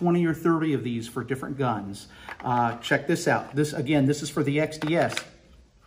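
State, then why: Not seated. Someone talks while a compact pistol is handled and brought toward a polymer locking duty holster made for another model. The pistol has not yet locked into the holster, and nothing has clicked or seated by the end of the clip.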